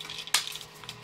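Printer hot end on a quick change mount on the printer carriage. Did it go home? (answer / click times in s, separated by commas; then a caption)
yes / 0.3 s. A 3D printer hot end assembly is dropped into the quick change mount on the printer carriage and latches, locking in place as one piece. A loud sharp click at 0.4 s marks the lock, followed by two fainter ticks and a soft steady background hiss.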